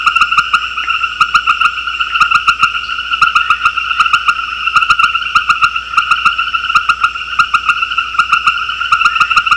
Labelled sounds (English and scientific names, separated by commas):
none